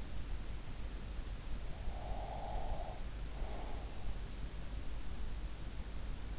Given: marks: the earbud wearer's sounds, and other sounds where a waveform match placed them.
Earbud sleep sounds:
sounds in sleep by an in-ear microphone; breath
1.97-4.54 s: breath

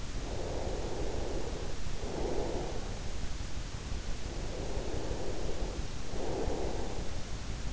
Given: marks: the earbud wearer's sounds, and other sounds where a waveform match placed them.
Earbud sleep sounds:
sounds in sleep by an in-ear microphone; breath
0.21-2.84 s: breath
4.41-7.13 s: breath

